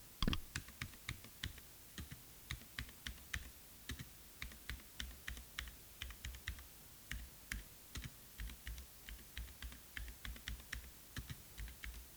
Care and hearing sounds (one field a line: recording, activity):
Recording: daily activity, guitar pickup as the sensor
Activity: type